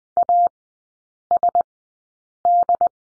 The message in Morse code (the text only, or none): ASD